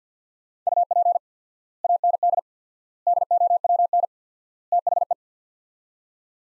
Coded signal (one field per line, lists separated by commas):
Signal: Morse code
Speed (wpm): 46 wpm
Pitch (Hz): 700 Hz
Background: none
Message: UP AND DOWN THE